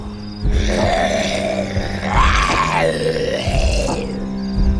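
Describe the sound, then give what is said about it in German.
A long, angry growl, rough and guttural, rising and falling in pitch for about four seconds over a low rumble as the earth trembles, like a voice imitating a snarling beast. “Schon bebt die Erde und ein wütendes Knurren ist zu hören.”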